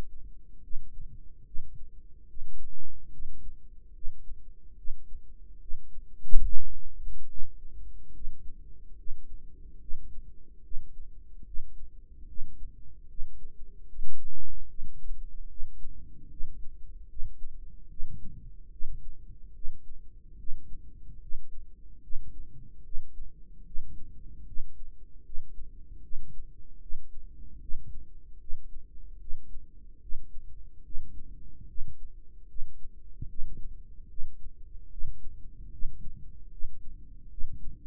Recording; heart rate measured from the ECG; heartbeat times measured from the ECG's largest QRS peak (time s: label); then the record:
heart sounds by microphone in the right ear; 74 bpm
0.63 s: heartbeat
1.46 s: heartbeat
2.29 s: heartbeat
3.12 s: heartbeat
3.94 s: heartbeat
4.77 s: heartbeat
5.61 s: heartbeat
6.44 s: heartbeat
7.29 s: heartbeat
8.14 s: heartbeat
8.97 s: heartbeat
9.81 s: heartbeat
10.64 s: heartbeat
11.46 s: heartbeat
12.28 s: heartbeat
13.09 s: heartbeat
13.88 s: heartbeat
14.69 s: heartbeat
15.49 s: heartbeat
16.30 s: heartbeat
17.09 s: heartbeat
17.90 s: heartbeat
18.71 s: heartbeat
19.54 s: heartbeat
20.38 s: heartbeat
21.21 s: heartbeat
22.02 s: heartbeat
22.84 s: heartbeat
23.66 s: heartbeat
24.47 s: heartbeat
25.25 s: heartbeat
26.03 s: heartbeat
26.81 s: heartbeat
27.61 s: heartbeat
28.40 s: heartbeat
29.20 s: heartbeat
30.01 s: heartbeat
30.84 s: heartbeat
31.68 s: heartbeat
32.49 s: heartbeat
33.29 s: heartbeat
34.09 s: heartbeat
34.91 s: heartbeat
35.72 s: heartbeat
36.51 s: heartbeat
37.30 s: heartbeat
From the record:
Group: healthy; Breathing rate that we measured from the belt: 15 breaths a minute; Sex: male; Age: 55 years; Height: 167 cm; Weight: 57.2 kg